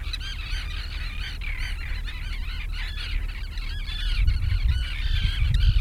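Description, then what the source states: Gulls, many squawking at once in rapid overlapping calls, with a low roar that swells toward the end. Seagulls near the sea.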